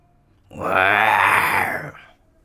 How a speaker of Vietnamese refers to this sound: Đối mặt với cả tiếng quát của Khương Lôi, hai con yêu thú lại phát ra tiếng gầm chói tai, bốn chân đập mạnh vào mặt đất, trong tiếng ầm ầm lại xông tới về phía Khương Lôi.